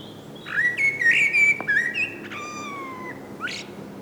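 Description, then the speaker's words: Common Blackbird song: a low warbling whistled phrase, then a drawn-out note and a high squeaky ending. Spring singer of southernmost Finland; birds wintering in Finland start singing on warm sunny March days, or rather evenings, being dusk singers like most thrushes. "Tai pikemminkin iltoina, sillä mustarastas on tuollainen hämärän laulaja, kuten useimmat rastaat."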